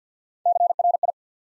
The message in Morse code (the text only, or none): CRI